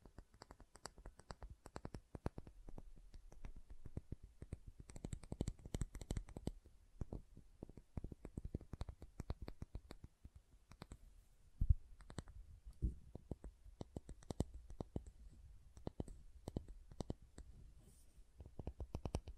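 Tapping and carving on a bar of soap, made up of dense, quick clicks and taps that run almost without pause for the whole stretch. The hits come in irregular flurries, with a sharper knock near twelve seconds and brief thinner patches between bursts.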